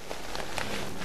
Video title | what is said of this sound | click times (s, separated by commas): Octabox Pro Studio EZ-Pro 60" Softbox | Now, that'll snap into place just like that. | 0.6 s